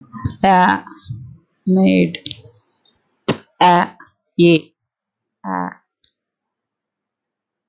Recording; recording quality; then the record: sustained vowel as in made; excellent, no background noise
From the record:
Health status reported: healthy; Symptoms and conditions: none ticked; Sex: female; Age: 35 years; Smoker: not ticked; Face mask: not worn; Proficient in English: yes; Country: India